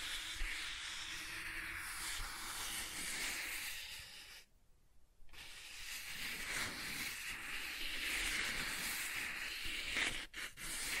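Soft tracing across smooth and rough surfaces, a steady airy hiss that drops out briefly near four seconds, then resumes with faint scratchy textures.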